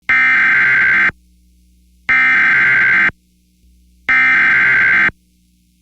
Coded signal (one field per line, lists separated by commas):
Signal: Emergency Alert System (SAME) tones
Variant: header bursts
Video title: PDS Tornado Warning (Montgomery and Page Counties, IA) (4/17/25) [EAS #135]